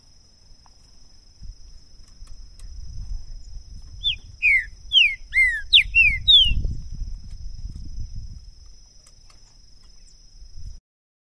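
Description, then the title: Green-winged saltator delivering one phrase of about seven sharp, descending whistled notes, with low rumbling background and a continuous high hum. Two birds taken into the woods in 2022, calling, singing and showing male display in a contest; recording used to warm up a bird and open its song for singing competition. "ESQUENTAR Seu TRINCA Piando, Cantando E Macheando Na DISPUTA. LEVEI 2 TRINCA FERRO NO MATO!! ABRIR O CANTO DO TRINCA FERRO!! 2022!"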